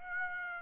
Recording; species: mosquito wingbeat signal from an infrared sensor; Aedes aegypti